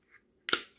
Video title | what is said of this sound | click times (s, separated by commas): 1144 Greencycle Pill Organizer 7 Day Weekly Case Portable Daily Box Travel Holder Medicine Dispenser | and that very secure last click at the end lets you know I don't believe this is waterproof | 0.5 s